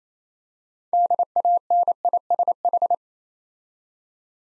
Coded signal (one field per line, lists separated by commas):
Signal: Morse code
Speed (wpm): 27 wpm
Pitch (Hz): 700 Hz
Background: none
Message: DANISH